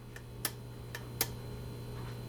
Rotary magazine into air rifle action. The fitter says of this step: going to slide the magazine in and you might hear a double click like this